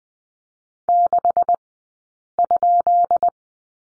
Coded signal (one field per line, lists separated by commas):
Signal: Morse code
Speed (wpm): 20 wpm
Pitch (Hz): 690 Hz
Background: none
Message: 6?